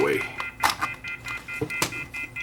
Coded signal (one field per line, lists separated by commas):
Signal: telephone call progress tone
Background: speech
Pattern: off-hook warning tone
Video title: Northern Telecom Corded telephone earpiece speaker repair